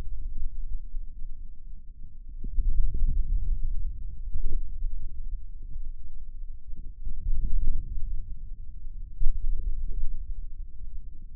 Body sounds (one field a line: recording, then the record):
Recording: forearm muscle sounds (acoustic myography)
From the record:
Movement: hand closing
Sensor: system 2, bracelet of six BSWA MPA416 microphones around the upper forearm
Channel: 4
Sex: male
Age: 22 years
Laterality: right